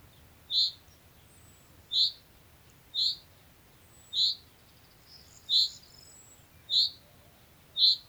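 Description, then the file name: Common chaffinch uttering sharp high call notes at irregular intervals of one to one and a half seconds, with faint high tones in the background. "Fringilla coelebs"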